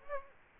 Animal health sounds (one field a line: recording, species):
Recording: mosquito wingbeat signal from an infrared sensor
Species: Aedes aegypti